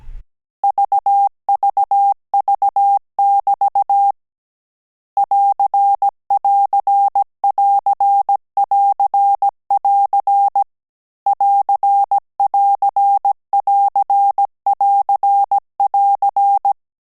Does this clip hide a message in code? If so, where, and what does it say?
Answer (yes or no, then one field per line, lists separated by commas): yes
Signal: Morse code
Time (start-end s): 0.6-16.7 s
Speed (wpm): 17 wpm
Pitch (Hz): 800 Hz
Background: none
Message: VVV<BT> <AR><AR><AR><AR><AR> <AR><AR><AR><AR><AR>